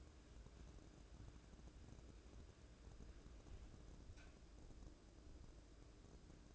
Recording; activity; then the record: daily activity, microphone in the room; wipe stove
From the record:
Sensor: 2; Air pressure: 1012.2 hPa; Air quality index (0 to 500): 161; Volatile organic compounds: 2 ppm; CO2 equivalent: 1174 ppm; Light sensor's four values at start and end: 406/1088/406/442 and 405/1085/405/441